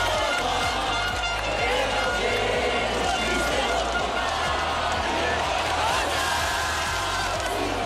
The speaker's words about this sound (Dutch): Ondanks de tweede plek op het WK in Qatar zijn de Fransen warm onthaald in eigen land. Duizenden fans waren gisteravond in het centrum van Parijs om de nationale ploeg te huldigen. Op het Place de la Concorde werd gezongen voor de spelers.